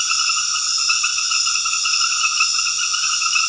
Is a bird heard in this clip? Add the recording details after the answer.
no. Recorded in dense forest near Puerto Asís, Putumayo, Colombia, on 18 February 2024 at 22:00. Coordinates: 0.496, -76.326. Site G6383